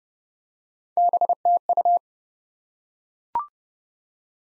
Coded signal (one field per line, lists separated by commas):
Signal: Morse code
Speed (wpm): 30 wpm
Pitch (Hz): 700 Hz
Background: none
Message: BTU